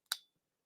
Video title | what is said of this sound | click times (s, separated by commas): Knife Sharpening 101 - LIVE AT THE HIVE - GIVEAWAYS - KNIFE COMMUNITY- KNIFE TALK! | kind it does kind of snap into place it has some type of detent | 0.1 s